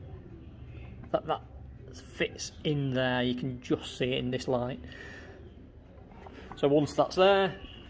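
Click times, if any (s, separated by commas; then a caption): none. A motorcycle luggage top box, a Givi Monolock, is being fitted onto its rack mounting plate while someone talks. A couple of faint bumps around 6.1 and 6.3 s are audible between the speech. Nothing has latched or clicked yet by the end of the clip.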